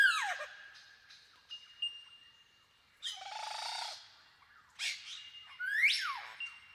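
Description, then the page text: Superb lyrebird song with descending whistled notes, a long harsh rasp, and sweeping rising and falling cries, each phrase different from the last. "Большая птица-лира - Superb Lyrebird (Menura novaehollandiae)"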